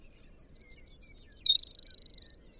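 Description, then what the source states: Baird's Sparrow song: a high opening note, a series of tinkling chips, then a long, lower, even trill lasting about a second. Breeds on the prairies of the northern Great Plains; winters from Central to southern South America.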